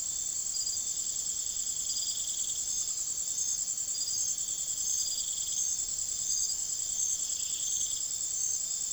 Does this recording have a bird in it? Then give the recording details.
no. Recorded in secondary vegetation near Puerto Asís, Putumayo, Colombia, on 19 June 2025 at 02:30. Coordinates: 0.489, -76.322. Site G021